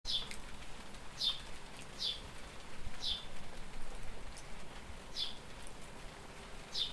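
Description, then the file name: House sparrow calls: six brief, high chirps at uneven intervals over soft, steady low-pitched background noise. "Passer domesticus"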